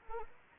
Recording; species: mosquito wingbeat signal from an infrared sensor; Anopheles arabiensis